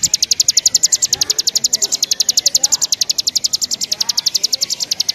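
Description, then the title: Bar-winged Prinia delivering a rapid, regular string of bright high notes throughout, over quiet low background noise. "Suara Burung Ciblek"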